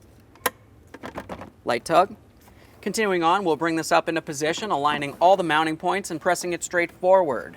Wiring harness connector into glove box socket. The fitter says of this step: we'll start with the wiring harness we want to make sure we press this in listen for a click